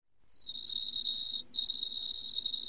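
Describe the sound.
Cricket trilling: a steady, very high-pitched continuous trill that breaks off once for a moment, then resumes unchanged.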